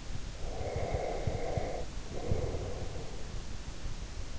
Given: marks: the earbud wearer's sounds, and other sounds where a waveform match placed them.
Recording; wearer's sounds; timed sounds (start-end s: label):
sounds in sleep by an in-ear microphone; breath
0.33-3.36 s: breath